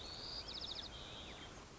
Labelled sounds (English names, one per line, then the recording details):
White-crowned Sparrow
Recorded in Sonoma County, California